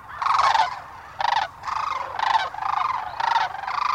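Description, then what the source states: Sandhill crane calls, several loud, harsh, rolling rattled bursts in quick succession. Sound described as chatter.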